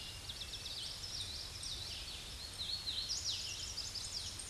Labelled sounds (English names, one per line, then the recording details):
Hooded Warbler song
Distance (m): 50 m
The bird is about 20 m above the microphone
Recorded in a Pennsylvania forest on 16 May 2024 at 07:44
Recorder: AudioMoth, point MSD-2164
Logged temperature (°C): 15.8 °C
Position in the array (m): 155 m, 111 m